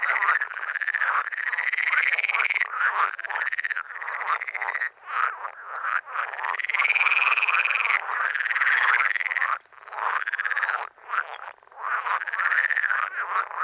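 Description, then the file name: Water frog croaking in a loud, near-continuous chorus of pulsed, rattling calls that overlap, briefly dropping out a few times before resuming. "Grenouille verte"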